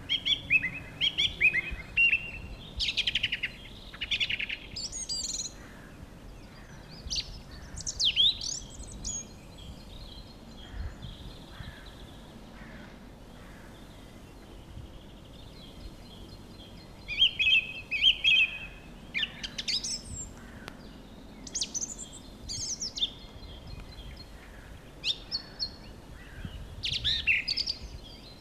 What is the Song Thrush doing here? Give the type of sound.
song